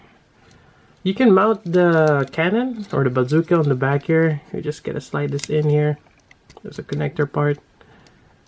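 Someone talks while trying to slide a plastic weapon-mount connector part into the back of a Robot Spirits RX-78 NT-1 "Alex" Gundam ver. ANIME action figure, where the cannon or bazooka mounts. Only faint contact taps are heard near the end, around 7.8 s and 8.1 s. The connector is upside down and does not go in, so nothing has seated or clicked yet.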